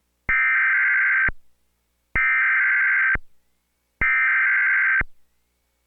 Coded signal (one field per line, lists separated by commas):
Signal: Emergency Alert System (SAME) tones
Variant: header bursts